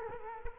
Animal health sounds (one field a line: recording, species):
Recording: mosquito wingbeat signal from an infrared sensor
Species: Culex quinquefasciatus